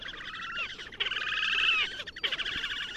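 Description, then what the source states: Horned grebe giving harsh, high, rapidly trilled calls in several bursts, the middle one longest. Call rather than song; fairly high-pitched.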